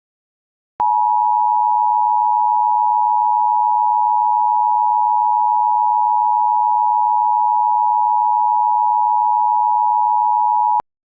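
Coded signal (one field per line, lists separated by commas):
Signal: Emergency Alert System (SAME) tones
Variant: 853 and 960 Hz attention tone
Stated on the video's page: Fictional, deliberately ridiculous EAS scenario, not a real alert.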